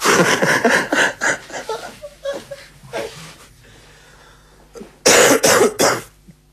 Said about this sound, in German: Ja, da fange ich gleich zum Husten an, wenn so eine dicke Luft herrscht.